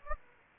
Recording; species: mosquito wingbeat signal from an infrared sensor; Aedes aegypti